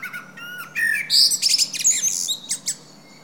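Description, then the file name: Common blackbird singing: a soft fluty opening, then loud, harsh, high squeaky and chattering notes that trail off in brief twitters. "Turdus merula"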